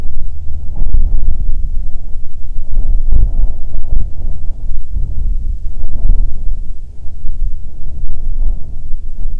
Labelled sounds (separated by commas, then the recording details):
wind
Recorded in the Prudhoe Bay oil fields, Alaska, on 7 August 2019 at 14:09
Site 17